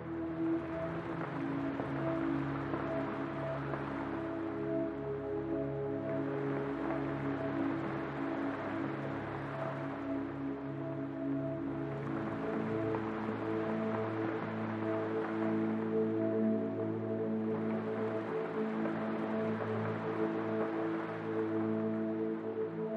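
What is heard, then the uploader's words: Gentle rain hisses steadily over soft, sustained atmospheric chords that hold long low and middle tones. The rain swells and eases in slow waves about every six seconds, brightening at each crest, while the chords shift quietly underneath at an even volume. Atmospheric chords underneath the peaceful sound of rain going in and out with your breathing. Peaceful Music with Rain Sounds.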